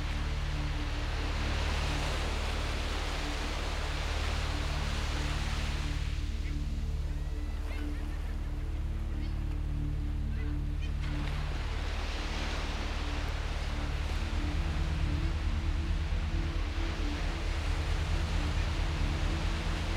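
Surf washes over a Mexican beach, swelling for the first six seconds, easing off, then rising again around eleven seconds. Beneath it a steady low drone of layered tones holds throughout, turning into a quick, regular pulsing throb from about fourteen seconds.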